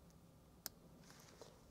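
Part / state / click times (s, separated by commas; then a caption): footwell light cable connector into the Zone 2 harness socket / seated / 0.7 s. A footwell lighting cable's plastic connector is plugged into the custom ambient lighting kit's harness socket labelled Zone 2 footlight. A single sharp, loud click is heard at 0.7 s, followed by a faint soft tick near 1.4 s, and the connector is seated correctly.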